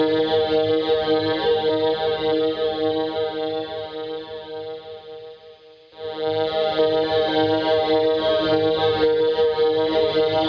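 Analog space noise: a dense, steady electronic drone with pulsing low tones and bright hiss, fading near five seconds, then returning abruptly at six.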